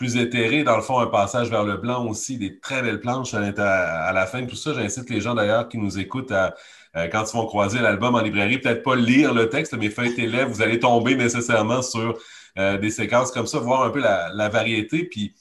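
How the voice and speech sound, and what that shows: An adult man, a radio host, speaks fluent, steady French with ordinary voice quality and brief natural pauses.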